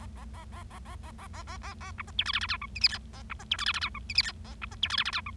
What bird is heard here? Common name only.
Bengalese Finch